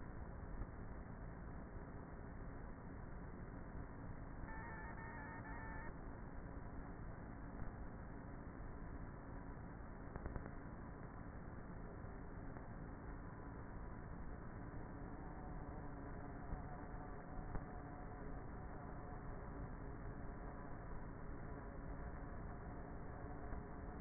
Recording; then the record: honeybee colony, microphone inside the hive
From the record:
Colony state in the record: queenless with a low population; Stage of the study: before two queens were removed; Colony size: about 30,000 bees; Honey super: no